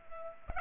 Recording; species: mosquito wingbeat signal from an infrared sensor; Culex pipiens